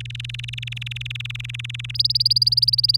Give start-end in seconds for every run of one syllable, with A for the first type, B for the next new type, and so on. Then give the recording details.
0.00-1.91 A, 1.94-2.97 B. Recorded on 30 April 2018 at 05:43. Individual llb3